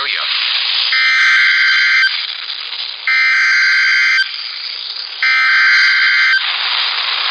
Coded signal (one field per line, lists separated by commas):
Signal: Emergency Alert System (SAME) tones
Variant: header bursts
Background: speech